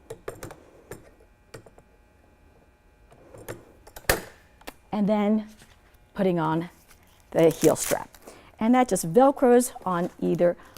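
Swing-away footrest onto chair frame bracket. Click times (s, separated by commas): 4.1 s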